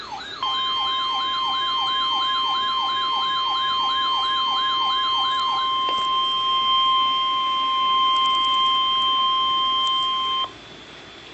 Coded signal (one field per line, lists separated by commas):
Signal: Emergency Alert System (SAME) tones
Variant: 1050 Hz attention tone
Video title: NOAA Weather Radio - EAS #237 & 238 - Flash Flood Warning & Severe Thunderstorm Warning - 7/25/12